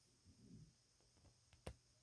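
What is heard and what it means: A metal screw set on a plastic threaded hole is turned backwards so that it won't cut new threads, because plastic threads and metal screws do not get along well. Soft low handling sounds and faint ticks come first, with a small tick near 1.5 s. At 1.7 s a sharp click marks the screw's thread dropping into the existing plastic thread.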